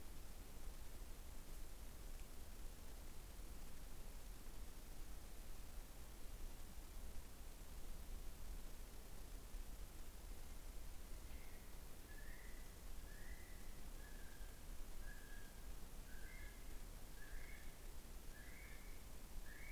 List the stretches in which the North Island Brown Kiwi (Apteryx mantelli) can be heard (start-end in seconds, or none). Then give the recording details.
10.28-19.72. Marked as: faintness 3/5. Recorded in New Zealand on 21 November 2014. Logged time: 01:28. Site CL78